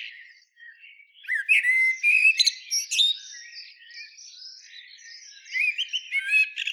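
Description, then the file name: Common blackbird with a clear whistled phrase rising into squeaky high notes, followed by softer jumbled warbling and a louder twittering finish. "Turdus merula"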